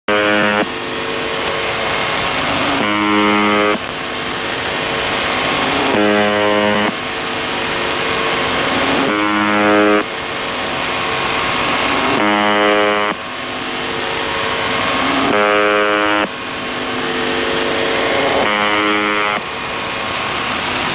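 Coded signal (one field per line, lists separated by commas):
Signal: channel marker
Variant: UVB-76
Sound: short harsh buzzes about one second long, repeating every three seconds, about seven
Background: radio static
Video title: UVB 76 4625 KHZ 24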